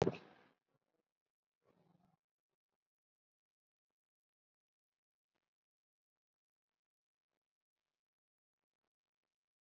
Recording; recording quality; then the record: shallow breathing; poor, much background noise or distortion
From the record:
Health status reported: COVID-19 positive, mild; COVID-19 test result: positive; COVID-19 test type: RT-PCR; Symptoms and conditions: cough, cold, breathing difficulty, fever, fatigue, hypertension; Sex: female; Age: 68 years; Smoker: no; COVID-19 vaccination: one dose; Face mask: not worn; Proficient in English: no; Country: India